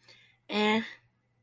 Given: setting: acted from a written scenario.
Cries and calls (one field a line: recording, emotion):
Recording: vocal sound without words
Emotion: neutral